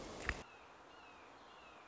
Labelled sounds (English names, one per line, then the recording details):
Red-shouldered Hawk
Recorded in Sonoma County, California